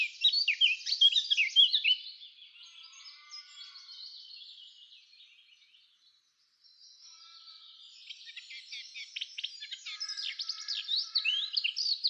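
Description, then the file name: Eurasian blackcap opening with a loud, busy warble that fades to near silence midway, then builds again into fast scratchy twittering. "Sylvia atricapilla"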